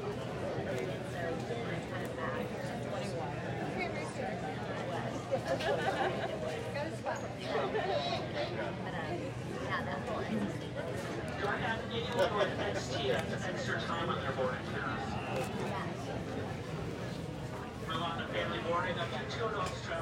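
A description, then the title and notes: Airport boarding: steady murmur of overlapping voices over a constant low rumble, with scattered clicks and thumps throughout and no pauses. Fly with me to Las Vegas from Phoenix Sky Harbor International Airport. From the departure gate at Sky Harbor International Airport until I get seated on the plane and we are taxi’ing to the runway.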